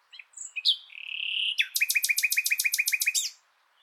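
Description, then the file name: Common nightingale song phrase: a few sharp notes, a drawn-out swelling whistle, then a fast loud series of many repeated notes. "Luscinia megarhynchos"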